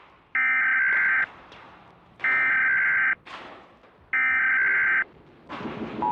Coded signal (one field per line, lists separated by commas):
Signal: Emergency Alert System (SAME) tones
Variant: header bursts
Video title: EAS Short Scenario 14 - Black Plague